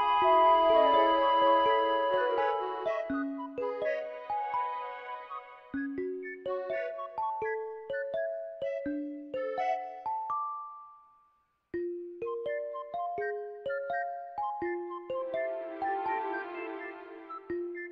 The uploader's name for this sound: OST with rain ambience